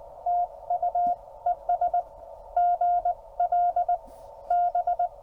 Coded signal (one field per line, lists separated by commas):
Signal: Morse code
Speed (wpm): 18 wpm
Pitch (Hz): 700 Hz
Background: none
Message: TU ES GL B